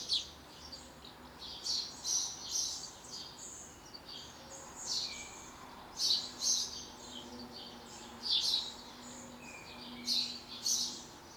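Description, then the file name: House sparrow chirps in short bursts, some in pairs, over steady background noise. "Passer domesticus"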